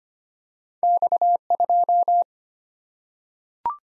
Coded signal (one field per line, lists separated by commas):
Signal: Morse code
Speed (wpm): 25 wpm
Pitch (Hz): 700 Hz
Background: none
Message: X2